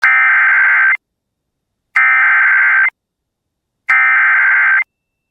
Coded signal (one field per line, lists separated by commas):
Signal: Emergency Alert System (SAME) tones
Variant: header bursts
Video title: Severe Thunderstorm Warning (4/17/26) [EAS #382]